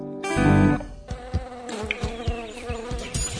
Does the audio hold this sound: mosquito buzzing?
yes